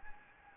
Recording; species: mosquito wingbeat signal from an infrared sensor; Anopheles gambiae